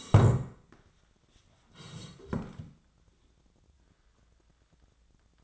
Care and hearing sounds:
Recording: daily activity, microphone in the room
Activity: sit down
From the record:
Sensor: 3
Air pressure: 1012.3 hPa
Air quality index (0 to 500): 173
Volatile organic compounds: 3 ppm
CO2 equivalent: 1328 ppm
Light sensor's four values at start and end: 93/195/99/110 and 64/155/71/78

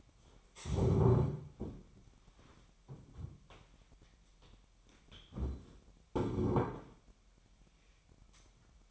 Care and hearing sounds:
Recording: daily activity, microphone in the room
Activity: stand up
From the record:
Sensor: 1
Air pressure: 998.5 hPa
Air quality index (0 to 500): 119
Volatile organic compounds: 3 ppm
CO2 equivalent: 1430 ppm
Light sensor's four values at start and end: 9/21/9/10 and 9/22/9/11

